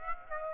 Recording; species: mosquito wingbeat signal from an infrared sensor; Aedes aegypti